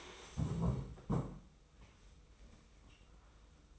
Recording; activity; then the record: daily activity, microphone in the room; stand up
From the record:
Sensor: 1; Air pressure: 990.6 hPa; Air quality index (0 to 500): 155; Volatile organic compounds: 1000 ppm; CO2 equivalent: 5619 ppm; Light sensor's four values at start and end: 26/60/25/28 and 26/60/25/28